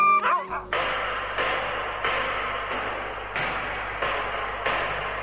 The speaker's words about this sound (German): Unsere Hunde sind sehr nervös.